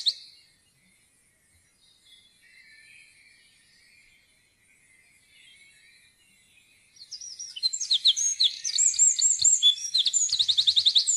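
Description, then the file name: Eurasian wren song bursts in after a quiet start with faint bird notes, a rapid high-pitched jumble of trills and chips lasting about four seconds. "gjerdesmett"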